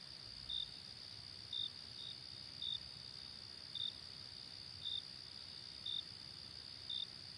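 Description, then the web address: Cricket chirping in short bright pulses roughly every second, one slightly off the beat, over a steady shrill drone and faint low rumble. "hobokenchicken kira. crickets"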